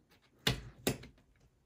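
A memory stick, which fits only one way, is pressed down into the motherboard slot of an Acer Aspire XC 1660G until both plastic retention latches snap shut. Two sharp clicks are heard at 0.5 s and 0.9 s, followed by a faint tick at 1.0 s. The module is seated in the slot.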